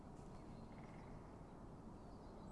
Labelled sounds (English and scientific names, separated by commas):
Great Spotted Woodpecker (Dendrocopos major)